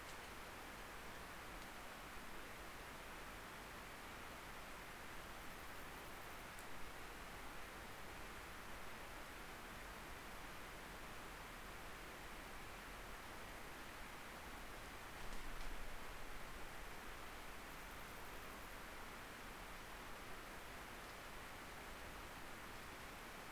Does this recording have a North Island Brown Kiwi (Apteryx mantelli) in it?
no